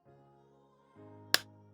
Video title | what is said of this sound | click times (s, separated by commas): SAMSUNG Galaxy Z Fold 4 Standing Cover with S Pen! | so it locks into place so you definitely don't have to worry about that s pen | 1.3 s